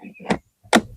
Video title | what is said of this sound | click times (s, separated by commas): Greenworks 40V Lawn Mower Review & Setup – Is It Worth It? | and that clicks into place. | 0.8 s